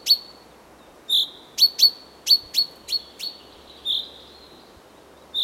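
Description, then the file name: Common chaffinch calling with short, high, clipped notes at an uneven pace, some in quick pairs, plus a couple of longer slurred notes. "Fringilla coelebs"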